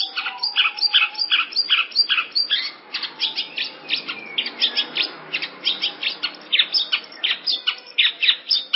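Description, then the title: Long-tailed Shrike song, a continuous stream of quick varied chirps, clicks and short whistles with a chattering quality throughout. "Audio Cendet Pentet"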